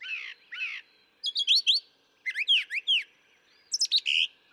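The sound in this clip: Brown thrasher song: two buzzy notes, then rapid groups of down-sweeping whistled notes, with pauses between groups.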